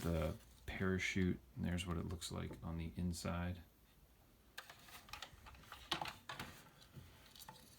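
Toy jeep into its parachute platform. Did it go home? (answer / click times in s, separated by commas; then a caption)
yes / 5.9 s. Someone talks, then a plastic toy jeep is handled on its parachute platform, making a series of small plastic clicks between about 4.6 and 6.3 seconds. The loudest click, at 5.9 seconds, is the jeep clicking into the platform, and it is seated.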